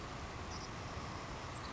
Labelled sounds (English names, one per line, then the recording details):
Savannah Sparrow
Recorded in Sonoma County, California